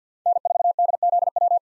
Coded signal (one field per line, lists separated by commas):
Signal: Morse code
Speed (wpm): 50 wpm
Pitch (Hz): 700 Hz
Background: none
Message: N4DZW